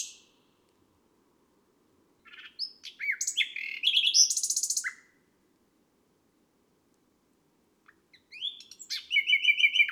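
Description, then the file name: Nightingale song: varied phrases of sharp chirps, buzzy rattles and fast trills, separated by about three seconds of silence before another burst of notes. Recorded on a May night. "Un rossignol enregistre une nuit de mai"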